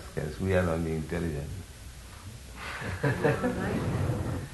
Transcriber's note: laughter